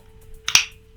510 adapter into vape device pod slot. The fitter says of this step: you can hear it clicking